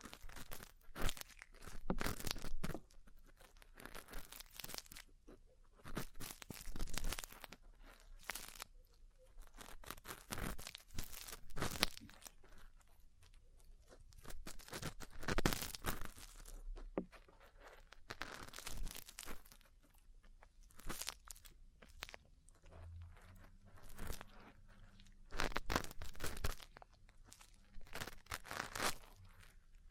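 Ear cleaning and massage sounds: dense, irregular crackling and rustling bursts, bright and scratchy, coming in quick clusters with brief quieter gaps throughout.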